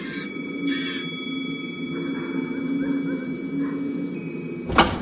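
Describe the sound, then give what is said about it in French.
A street door opens again with a single sharp latch click near the end, after several seconds of steady low hum with faint high tonal whines and no one speaking. “La porte se rouvrit.”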